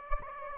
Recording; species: mosquito wingbeat signal from an infrared sensor; Aedes aegypti